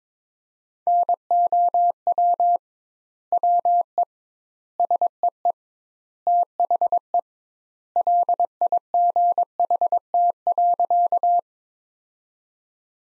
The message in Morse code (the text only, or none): NOW WE SEE THE LIGHT.